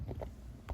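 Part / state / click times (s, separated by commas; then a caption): plastic lid onto meal prep food container / seated / 0.2 s, 0.7 s. A polypropylene plastic lid is pressed onto a GUANFU meal prep container holding still-warm cauliflower. A faint tap at 0.1 s is followed by sharp snaps at 0.2 s and 0.7 s over a low background rumble. The lid snaps into place and seats firmly.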